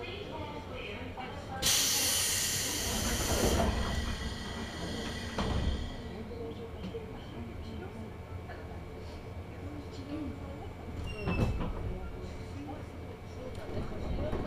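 Inside a local train on a line toward the city, stopped at a station during a long wait. A bright hissing burst, like air brakes releasing, fills about 1.5 to 3.5 seconds, with dull knocks near 5 and 11 seconds over a low steady hum.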